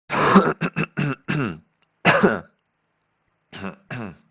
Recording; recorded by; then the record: voluntary cough; messaging app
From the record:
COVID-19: negative